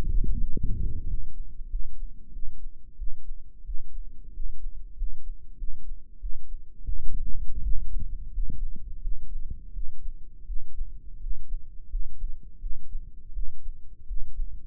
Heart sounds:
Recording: heart sounds by microphone in the right ear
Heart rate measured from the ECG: 88 bpm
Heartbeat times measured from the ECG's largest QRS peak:
0.40 s: heartbeat
1.05 s: heartbeat
1.67 s: heartbeat
2.31 s: heartbeat
2.96 s: heartbeat
3.63 s: heartbeat
4.32 s: heartbeat
4.94 s: heartbeat
5.56 s: heartbeat
6.18 s: heartbeat
6.85 s: heartbeat
7.61 s: heartbeat
8.30 s: heartbeat
8.99 s: heartbeat
9.72 s: heartbeat
10.44 s: heartbeat
11.18 s: heartbeat
11.88 s: heartbeat
12.58 s: heartbeat
13.32 s: heartbeat
14.05 s: heartbeat
From the record:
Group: healthy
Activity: rest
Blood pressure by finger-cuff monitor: 120/83 mmHg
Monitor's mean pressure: 94 mmHg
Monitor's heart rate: 88 bpm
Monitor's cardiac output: 6.8 L/min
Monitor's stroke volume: 76 mL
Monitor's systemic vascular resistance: 1000 dyn s/cm5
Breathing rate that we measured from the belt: 18 breaths a minute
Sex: male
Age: 21 years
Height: 180 cm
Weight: 67.5 kg

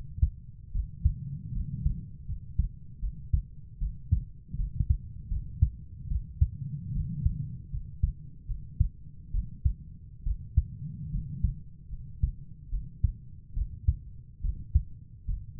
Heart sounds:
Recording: heart sounds by stethoscope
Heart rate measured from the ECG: 74 bpm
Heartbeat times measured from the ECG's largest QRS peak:
0.73 s: heartbeat
1.54 s: heartbeat
2.27 s: heartbeat
3.01 s: heartbeat
3.80 s: heartbeat
4.57 s: heartbeat
5.30 s: heartbeat
6.09 s: heartbeat
6.94 s: heartbeat
7.71 s: heartbeat
8.47 s: heartbeat
9.32 s: heartbeat
10.24 s: heartbeat
11.12 s: heartbeat
11.91 s: heartbeat
12.71 s: heartbeat
13.55 s: heartbeat
14.42 s: heartbeat
15.27 s: heartbeat
From the record:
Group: healthy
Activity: rest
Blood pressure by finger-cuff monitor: 116/61 mmHg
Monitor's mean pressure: 77 mmHg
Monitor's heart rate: 72 bpm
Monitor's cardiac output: 6.8 L/min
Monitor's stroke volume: 92 mL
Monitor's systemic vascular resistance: 840 dyn s/cm5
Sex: female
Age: 22 years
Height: 160 cm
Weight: 63 kg

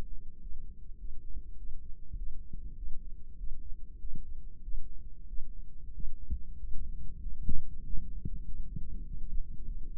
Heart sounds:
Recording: heart sounds by microphone in the right ear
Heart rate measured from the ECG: 97 bpm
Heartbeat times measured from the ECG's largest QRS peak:
0.37 s: heartbeat
0.95 s: heartbeat
1.54 s: heartbeat
2.14 s: heartbeat
2.74 s: heartbeat
3.35 s: heartbeat
3.97 s: heartbeat
4.60 s: heartbeat
5.25 s: heartbeat
5.91 s: heartbeat
6.55 s: heartbeat
7.18 s: heartbeat
7.81 s: heartbeat
8.42 s: heartbeat
9.03 s: heartbeat
9.62 s: heartbeat
From the record:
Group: healthy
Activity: Valsalva maneuver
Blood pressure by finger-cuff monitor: 134/85 mmHg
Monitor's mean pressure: 98 mmHg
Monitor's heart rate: 102 bpm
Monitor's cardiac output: 6.8 L/min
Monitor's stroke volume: 67 mL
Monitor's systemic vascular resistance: 1040 dyn s/cm5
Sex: female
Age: 22 years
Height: 154 cm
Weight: 58.7 kg

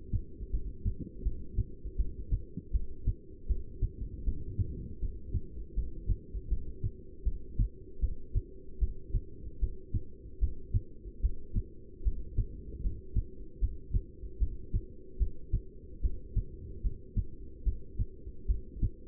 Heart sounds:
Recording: heart sounds by stethoscope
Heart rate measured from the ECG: 77 bpm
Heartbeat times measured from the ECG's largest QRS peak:
0.52 s: heartbeat
1.24 s: heartbeat
1.97 s: heartbeat
2.72 s: heartbeat
3.48 s: heartbeat
4.25 s: heartbeat
5.01 s: heartbeat
5.75 s: heartbeat
6.49 s: heartbeat
7.24 s: heartbeat
8.01 s: heartbeat
8.80 s: heartbeat
9.60 s: heartbeat
10.40 s: heartbeat
11.21 s: heartbeat
12.04 s: heartbeat
12.82 s: heartbeat
13.60 s: heartbeat
14.39 s: heartbeat
15.18 s: heartbeat
16.02 s: heartbeat
16.82 s: heartbeat
17.64 s: heartbeat
18.47 s: heartbeat
From the record:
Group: heart failure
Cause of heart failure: non-ischemic cardiomyopathy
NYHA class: 1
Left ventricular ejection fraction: 62%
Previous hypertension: present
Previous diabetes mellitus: present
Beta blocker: bisoprolol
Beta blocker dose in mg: 10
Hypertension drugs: sacubitril-valsartan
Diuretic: furosemide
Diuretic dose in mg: 20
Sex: male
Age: 49 years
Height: 167 cm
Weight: 110 kg

